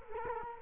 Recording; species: mosquito wingbeat signal from an infrared sensor; Culex quinquefasciatus